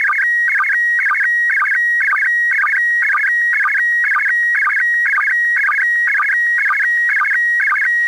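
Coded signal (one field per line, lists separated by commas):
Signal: SSTV (slow-scan television)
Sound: steady whistle broken twice a second by chirpy warbling tone bursts with low blips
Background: faint radio hiss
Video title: ISS SSTV - Receiving Images Using a Portable Set Up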